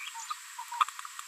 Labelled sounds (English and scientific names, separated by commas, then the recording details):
Green-rumped Parrotlet (Forpus passerinus) babbling
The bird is a female
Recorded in a nest box in Venezuela
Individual 17B73B4